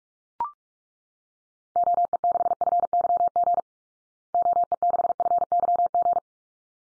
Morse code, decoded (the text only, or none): OE6FYG OE6FYG